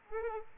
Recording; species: mosquito wingbeat signal from an infrared sensor; Aedes aegypti